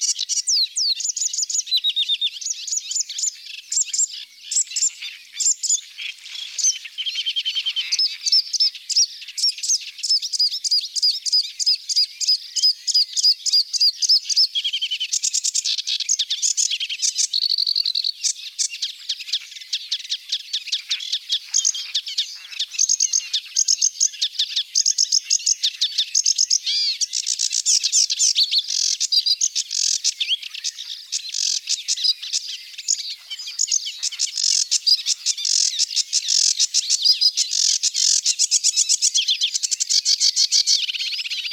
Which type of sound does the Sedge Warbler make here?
song